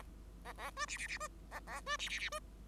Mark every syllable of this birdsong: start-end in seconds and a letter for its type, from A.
0.45-0.53 A, 0.57-0.71 A, 0.76-0.86 B, 0.88-0.97 C, 0.98-1.07 C, 1.08-1.18 C, 1.20-1.28 B, 1.51-1.60 A, 1.66-1.81 A, 1.86-1.97 B, 1.99-2.09 C, 2.09-2.19 C, 2.19-2.29 C, 2.32-2.39 B